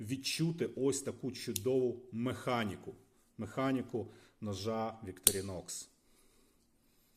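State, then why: Not seated. A blade on a modified Victorinox pocket knife, fitted with brass washers, is handled as it is folded into the multitool handle while someone talks until about 5.9 seconds, followed by near silence. Nothing has seated or clicked yet; the clip ends before the blade goes home.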